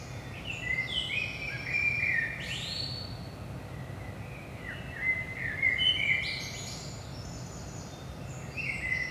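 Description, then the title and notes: Common blackbird singing flowing fluted phrases with high squeaky flourishes, three bursts throughout, constant low hum behind. Recorded in Saint-Gilles, Belgium, at 5 am in the early morning; DPA 4060 microphones in AB position into a Zoom F3 recorder. "Saint-Gilles, Belgique - 5am Blackbird. Blackbird in the morning. Merle au petit matin"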